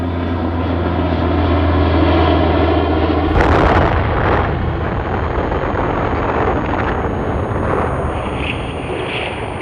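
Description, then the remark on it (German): A steady, droning engine of an American aircraft over Hiroshima on 6 August 1945 hums for a few seconds, then the sudden loud explosion of the dropped atomic bomb, over 20,000 tons of TNT, bursts in and rolls on as a long, heavy rumble. “Am 6. August 1945 warf ein amerikanisches Flugzeug eine Bombe auf Hiroshima ab und machte die Stadt damit für den Feind unnutzbar.”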